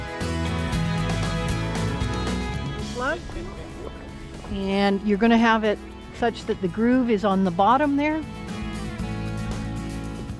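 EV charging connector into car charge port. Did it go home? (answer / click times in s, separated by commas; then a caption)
no / none. An EV charging connector is held with its groove on the bottom and lined up with the car's charge port, ready to be pushed in. Someone talks over steady background music. The plug has not seated or clicked yet.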